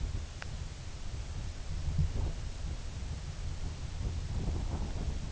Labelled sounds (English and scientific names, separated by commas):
none